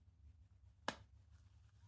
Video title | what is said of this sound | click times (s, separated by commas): Dirt Bike Air Filter Maintenance | Pop the post into the grommet and listen for the click. | 0.9 s